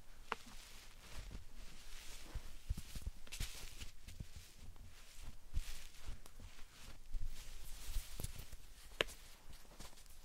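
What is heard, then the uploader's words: Slime sand is squeezed and pressed, giving a steady run of soft crunching and squishing with bright, crackly bursts every second or so. A few sharper clicks and pops stand out. ASMR Satisfying Slime Sand Triggers for Sleep (No Talking).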